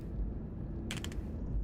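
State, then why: Seated. A vape cartridge is attached to a vape battery by its magnetic connector, which allows the cartridges to be hot-swapped. Over a steady low background hum, sharp clicks are heard at 0.9 s and 1.0 s, followed by a fainter tick, and the cartridge is seated.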